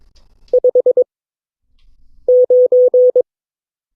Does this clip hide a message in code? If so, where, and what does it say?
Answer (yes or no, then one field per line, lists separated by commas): yes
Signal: Morse code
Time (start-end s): 0.5-3.2 s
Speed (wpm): 22 wpm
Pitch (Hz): 500 Hz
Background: none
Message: 59